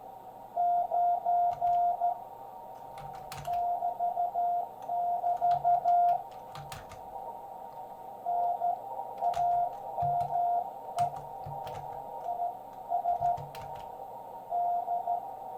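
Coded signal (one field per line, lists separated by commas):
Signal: Morse code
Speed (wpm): 14 wpm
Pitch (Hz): 700 Hz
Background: radio noise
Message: 9 <BT><BT> NAME IS D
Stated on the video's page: Amateur CW contact sent with a keyer after years away from Morse, copied by ear.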